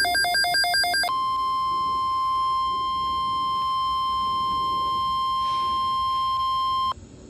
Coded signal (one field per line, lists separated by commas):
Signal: Emergency Alert System (SAME) tones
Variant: 1050 Hz attention tone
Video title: 9/12/23 - Double Header Flood Watches (EAS #1,908-1,909)